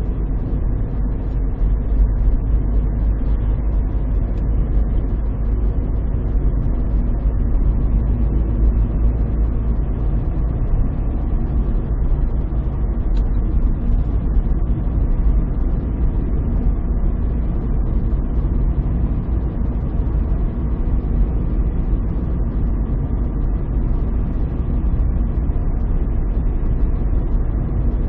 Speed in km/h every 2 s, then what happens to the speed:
55, 56, 58, 59, 61, 64, 64, 65, 65, 65, 65, 64, 64, 64.
0-10 speeds up to 64. 10-28 steady at about 64.